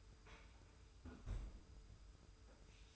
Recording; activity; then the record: daily activity, microphone in the room; close fridge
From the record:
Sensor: 2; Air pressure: 990.9 hPa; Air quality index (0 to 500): 126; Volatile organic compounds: 111 ppm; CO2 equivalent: 3823 ppm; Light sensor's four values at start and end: 24/56/23/22 and 24/56/22/22